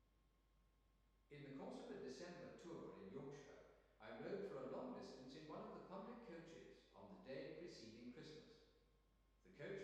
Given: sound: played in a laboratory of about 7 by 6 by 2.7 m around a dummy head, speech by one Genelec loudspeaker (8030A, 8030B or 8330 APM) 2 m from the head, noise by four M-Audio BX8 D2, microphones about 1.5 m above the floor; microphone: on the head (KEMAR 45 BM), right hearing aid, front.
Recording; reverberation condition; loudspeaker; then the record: male speech in English; high; 90 degrees to the left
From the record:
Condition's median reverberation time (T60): about 1300 ms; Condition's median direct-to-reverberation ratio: about -4.0 dB